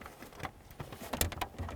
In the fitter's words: give it a push listen for a click give it a tug